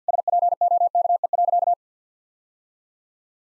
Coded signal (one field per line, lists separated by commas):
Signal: Morse code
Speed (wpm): 50 wpm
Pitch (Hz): 700 Hz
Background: none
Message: SPOKE.